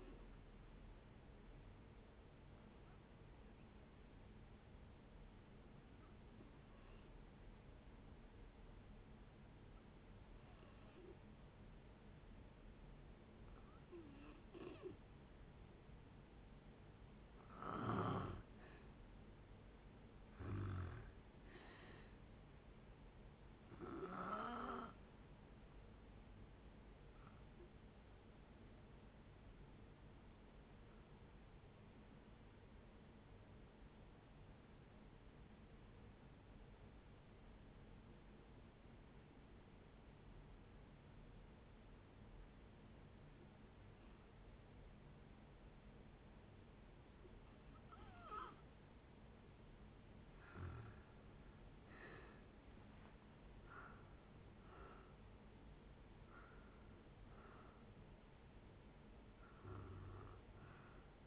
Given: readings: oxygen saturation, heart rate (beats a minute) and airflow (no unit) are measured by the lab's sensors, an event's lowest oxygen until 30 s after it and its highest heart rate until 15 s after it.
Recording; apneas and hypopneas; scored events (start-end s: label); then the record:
breathing in sleep by a voice recorder at the bedside; 2
3.00-17.00 s: hypopnea (N2, oxygen 93% highest, then 87% lowest)
28.00-50.00 s: hypopnea (N2, oxygen 95% highest, then 85% lowest, heart rate 68 at the start, 79 highest)
43.00-61.27 s: new sleep stage, N1 (lightest sleep)
From the record:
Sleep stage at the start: N2 (light sleep); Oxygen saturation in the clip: 87 to 95%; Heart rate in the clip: 60 to 79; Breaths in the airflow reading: 17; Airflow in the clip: -9.8 to 10.9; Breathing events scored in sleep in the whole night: 496 in 5.4 hours asleep